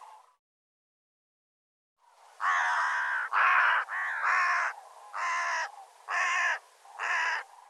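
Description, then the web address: Bird giving a series of several harsh, rasping caws after a silent pause. "cianscape birddata"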